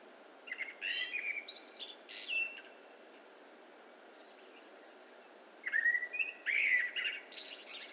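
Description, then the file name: Common blackbird song: flowing whistled phrases with high squeaky endings, two bursts separated by a few seconds of near silence. "Turdus merula"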